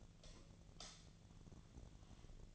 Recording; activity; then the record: daily activity, microphone in the room; light off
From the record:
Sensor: 4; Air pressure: 1010.7 hPa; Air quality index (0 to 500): 172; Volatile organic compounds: 5 ppm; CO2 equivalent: 1746 ppm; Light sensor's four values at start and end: 38/109/43/44 and 37/108/43/44